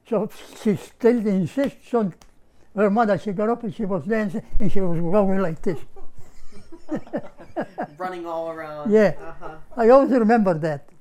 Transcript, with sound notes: So she stood and showed her mother. She got up and she was dancing and she was rolling like this. [Laughter]
Running all around.
Yeah, I always remember that.